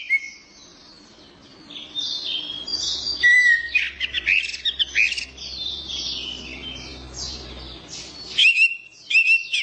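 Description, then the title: Orange-headed thrush song: busy high twittering and scratchy notes mixed with sliding whistles, a low steady hum underneath, then a brief gap before more whistled phrases. Champion bird, described as 'gacor teler doyorng'. "Suara Burung Anis Merah Gacor Teler Doyorng Juara"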